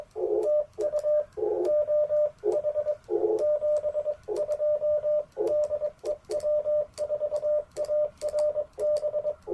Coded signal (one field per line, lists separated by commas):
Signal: Morse code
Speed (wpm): 22 wpm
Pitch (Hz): 600 Hz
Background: radio noise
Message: TU OH 72 DE W4ARB